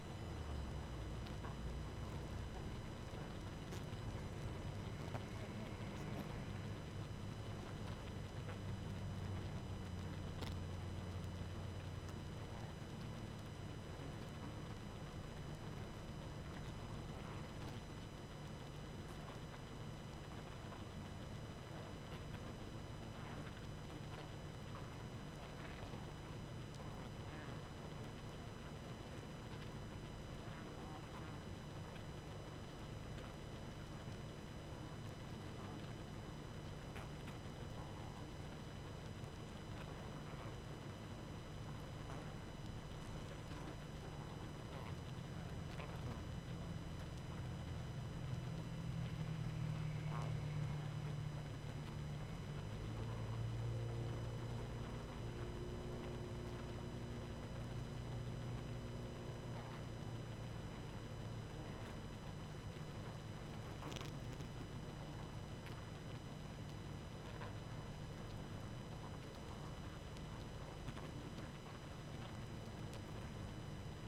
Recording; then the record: honeybee colony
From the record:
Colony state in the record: active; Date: 12 June 2018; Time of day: 20:30